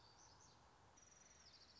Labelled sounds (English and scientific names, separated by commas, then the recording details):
Black-throated Gray Warbler (Setophaga nigrescens)
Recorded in Sonoma County, California